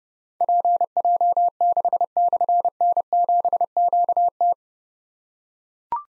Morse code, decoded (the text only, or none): PJ6/N7QT